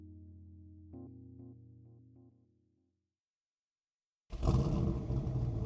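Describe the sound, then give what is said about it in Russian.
A sustained tonal hum fades into a brief silence, then the engine of a black jeep driving into a snowy courtyard bursts in with a loud, steady, rumbling roar that continues to the end. “Звук мотора прервал мои размышления о судьбе.”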